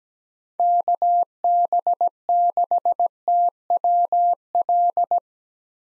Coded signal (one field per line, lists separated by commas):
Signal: Morse code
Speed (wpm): 17 wpm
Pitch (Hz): 700 Hz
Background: none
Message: KB6TWL